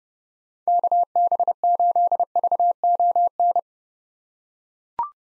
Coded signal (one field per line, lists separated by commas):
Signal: Morse code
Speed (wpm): 30 wpm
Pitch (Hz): 700 Hz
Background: none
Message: KB8VON